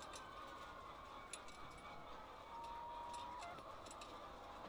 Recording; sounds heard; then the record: poultry house recording; healthy chickens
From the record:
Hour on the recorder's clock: 8